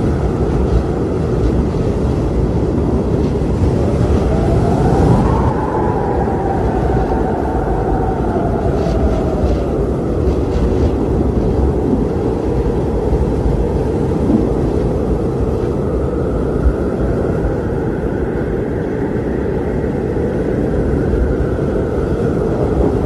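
A snowstorm wind roars without a break, a thick, heavy rumble that stays loud for the whole stretch. Above it, a hollow howl rises and bends around five seconds, then fades, and a thinner whistling tone drifts in again near the end.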